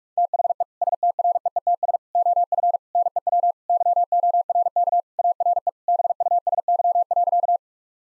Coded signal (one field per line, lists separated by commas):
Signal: Morse code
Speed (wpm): 41 wpm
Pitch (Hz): 700 Hz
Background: none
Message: THE STREETS OF NEW YORK ARE BUSY.